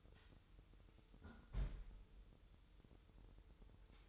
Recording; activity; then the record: daily activity, microphone in the room; close fridge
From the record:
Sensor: 3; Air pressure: 988.4 hPa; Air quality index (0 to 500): 194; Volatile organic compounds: 301 ppm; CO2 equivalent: 4482 ppm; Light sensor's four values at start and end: 24/77/32/27 and 24/77/32/27